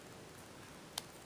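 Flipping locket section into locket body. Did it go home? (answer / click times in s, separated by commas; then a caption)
yes / 1.0 s. The flipping section of a wood and acrylic illusion locket, held by magnets, is swiped through until it locks into the locket body. A sharp, brief click at 0.98 s stands out over quiet background hiss. The magnetic section snaps and seats in place.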